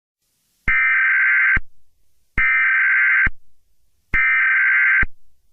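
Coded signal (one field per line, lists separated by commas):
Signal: Emergency Alert System (SAME) tones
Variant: header bursts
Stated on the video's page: Fictional EAS scenario that the page says has valid tones.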